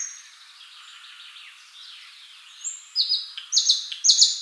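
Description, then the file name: Thrush nightingale song: faint, quiet start, then from the third second loud, pure whistled notes high in pitch, given in short repeated bursts with brief gaps. "solovey obyknovennyy golos"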